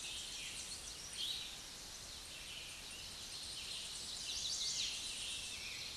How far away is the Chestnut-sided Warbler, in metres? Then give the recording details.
about 20 m. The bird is about level with the microphone. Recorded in a Pennsylvania forest on 16 May 2024 at 06:01. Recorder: AudioMoth, point MSD-0192. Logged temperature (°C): 16.0 °C. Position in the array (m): 157 m, 75 m